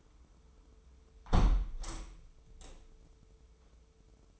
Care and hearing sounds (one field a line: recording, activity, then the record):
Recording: daily activity, microphone in the room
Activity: close window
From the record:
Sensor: 1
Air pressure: 995.8 hPa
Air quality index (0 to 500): 49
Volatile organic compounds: 1 ppm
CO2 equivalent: 891 ppm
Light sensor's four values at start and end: 31/105/40/42 and 30/103/39/41